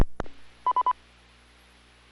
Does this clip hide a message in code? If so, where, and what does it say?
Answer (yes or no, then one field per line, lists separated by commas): no